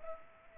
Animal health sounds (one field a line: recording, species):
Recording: mosquito wingbeat signal from an infrared sensor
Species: Culex pipiens